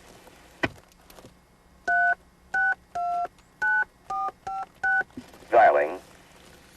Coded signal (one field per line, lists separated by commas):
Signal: DTMF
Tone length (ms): 200 ms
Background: speech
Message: 36 9456